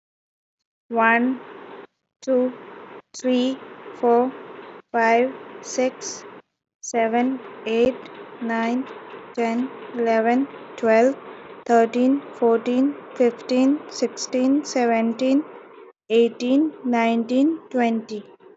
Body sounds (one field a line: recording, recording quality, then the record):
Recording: counting at a normal pace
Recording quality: excellent, no background noise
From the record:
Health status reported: healthy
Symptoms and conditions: hypertension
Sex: female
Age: 36 years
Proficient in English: yes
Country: India